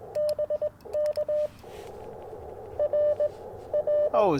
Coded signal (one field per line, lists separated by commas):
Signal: Morse code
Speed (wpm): 20 wpm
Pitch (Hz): 590 Hz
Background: speech, radio noise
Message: BK R R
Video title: Morning Morse Code at Tuskegee National Forest K-4451 - 12/12/23